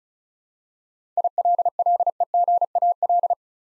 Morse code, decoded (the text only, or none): ILLEGAL